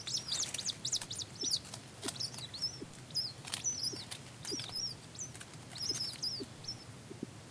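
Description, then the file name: Rail giving rapid, overlapping squeaks, each note a quick high up-and-down slur, packed densely throughout over a hissy background with scattered soft knocks. "kuina"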